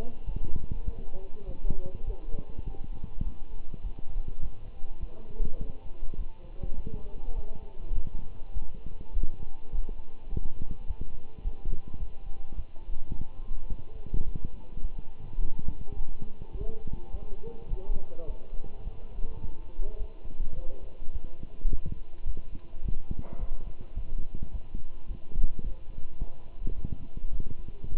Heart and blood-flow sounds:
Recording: heart sounds by stethoscope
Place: between the tricuspid and mitral areas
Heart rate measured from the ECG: 104 bpm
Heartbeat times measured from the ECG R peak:
0.26 s: heartbeat
0.86 s: heartbeat
1.46 s: heartbeat
2.07 s: heartbeat
2.65 s: heartbeat
3.24 s: heartbeat
3.83 s: heartbeat
4.41 s: heartbeat
5.00 s: heartbeat
5.59 s: heartbeat
6.17 s: heartbeat
6.76 s: heartbeat
7.35 s: heartbeat
7.95 s: heartbeat
8.54 s: heartbeat
9.13 s: heartbeat
9.72 s: heartbeat
10.30 s: heartbeat
10.87 s: heartbeat
11.44 s: heartbeat
11.99 s: heartbeat
12.56 s: heartbeat
13.12 s: heartbeat
13.69 s: heartbeat
14.26 s: heartbeat
14.82 s: heartbeat
15.39 s: heartbeat
15.96 s: heartbeat
16.53 s: heartbeat
17.11 s: heartbeat
17.70 s: heartbeat
18.27 s: heartbeat
18.84 s: heartbeat
19.42 s: heartbeat
19.99 s: heartbeat
20.56 s: heartbeat
21.13 s: heartbeat
21.70 s: heartbeat
22.26 s: heartbeat
22.83 s: heartbeat
23.40 s: heartbeat
23.96 s: heartbeat
24.52 s: heartbeat
25.08 s: heartbeat
25.63 s: heartbeat
26.19 s: heartbeat
26.75 s: heartbeat
27.32 s: heartbeat
27.89 s: heartbeat
From the record:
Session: walking at 3.7 km/h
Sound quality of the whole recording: good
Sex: male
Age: 24 years

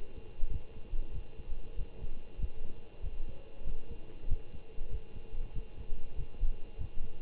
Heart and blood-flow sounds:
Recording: heart sounds by stethoscope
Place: between the tricuspid and mitral areas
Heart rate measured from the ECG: 96 bpm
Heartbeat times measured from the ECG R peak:
0.49 s: heartbeat
1.12 s: heartbeat
1.76 s: heartbeat
2.38 s: heartbeat
3.01 s: heartbeat
3.64 s: heartbeat
4.27 s: heartbeat
4.89 s: heartbeat
5.53 s: heartbeat
6.15 s: heartbeat
6.77 s: heartbeat
From the record:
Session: Bruce protocol treadmill stress test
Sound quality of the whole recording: good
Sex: male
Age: 25 years

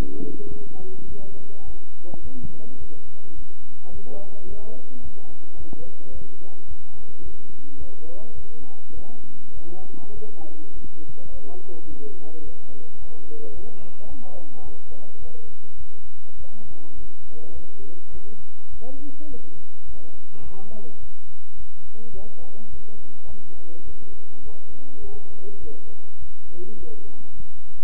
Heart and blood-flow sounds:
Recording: heart sounds by stethoscope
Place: between the tricuspid and mitral areas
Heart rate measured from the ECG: 105 bpm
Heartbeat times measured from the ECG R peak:
0.48 s: heartbeat
1.07 s: heartbeat
1.65 s: heartbeat
2.22 s: heartbeat
2.78 s: heartbeat
3.35 s: heartbeat
3.92 s: heartbeat
4.47 s: heartbeat
5.02 s: heartbeat
5.57 s: heartbeat
6.12 s: heartbeat
6.68 s: heartbeat
7.23 s: heartbeat
7.78 s: heartbeat
8.35 s: heartbeat
8.94 s: heartbeat
9.54 s: heartbeat
10.14 s: heartbeat
10.73 s: heartbeat
11.31 s: heartbeat
11.88 s: heartbeat
12.43 s: heartbeat
12.99 s: heartbeat
13.54 s: heartbeat
14.08 s: heartbeat
14.63 s: heartbeat
15.19 s: heartbeat
15.77 s: heartbeat
16.37 s: heartbeat
16.95 s: heartbeat
17.53 s: heartbeat
18.11 s: heartbeat
18.70 s: heartbeat
19.29 s: heartbeat
19.86 s: heartbeat
20.43 s: heartbeat
21.00 s: heartbeat
21.57 s: heartbeat
22.14 s: heartbeat
22.70 s: heartbeat
23.27 s: heartbeat
23.84 s: heartbeat
24.43 s: heartbeat
25.01 s: heartbeat
25.60 s: heartbeat
26.19 s: heartbeat
26.78 s: heartbeat
27.37 s: heartbeat
From the record:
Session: bicycle stress test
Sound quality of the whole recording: good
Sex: male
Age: 23 years

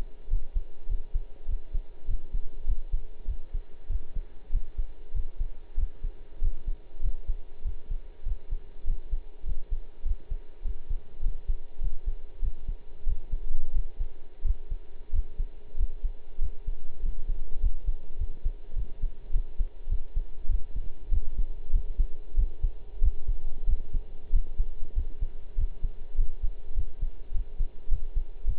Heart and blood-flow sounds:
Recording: heart sounds by stethoscope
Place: between the tricuspid and mitral areas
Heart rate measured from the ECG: 98 bpm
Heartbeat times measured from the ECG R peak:
0.29 s: heartbeat
0.88 s: heartbeat
1.47 s: heartbeat
2.07 s: heartbeat
2.66 s: heartbeat
3.27 s: heartbeat
3.88 s: heartbeat
4.51 s: heartbeat
5.13 s: heartbeat
5.76 s: heartbeat
6.40 s: heartbeat
7.02 s: heartbeat
7.64 s: heartbeat
8.25 s: heartbeat
8.86 s: heartbeat
9.45 s: heartbeat
10.04 s: heartbeat
10.63 s: heartbeat
11.22 s: heartbeat
11.80 s: heartbeat
12.41 s: heartbeat
13.05 s: heartbeat
13.73 s: heartbeat
14.43 s: heartbeat
15.12 s: heartbeat
15.77 s: heartbeat
16.40 s: heartbeat
17.01 s: heartbeat
17.60 s: heartbeat
18.18 s: heartbeat
18.75 s: heartbeat
19.32 s: heartbeat
19.89 s: heartbeat
20.48 s: heartbeat
21.11 s: heartbeat
21.72 s: heartbeat
22.36 s: heartbeat
23.01 s: heartbeat
23.66 s: heartbeat
24.32 s: heartbeat
24.95 s: heartbeat
25.57 s: heartbeat
26.16 s: heartbeat
26.75 s: heartbeat
27.33 s: heartbeat
27.90 s: heartbeat
28.46 s: heartbeat
From the record:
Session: pedaling a stationary bicycle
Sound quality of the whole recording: partially saturated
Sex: male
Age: 23 years

